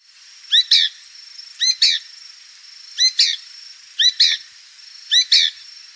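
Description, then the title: Bird giving repeated double chirps, sharp and harmonic-rich, five phrases spaced roughly a second apart, with a faint continuous high whine behind. "LuckyPassaro Completos2Sama"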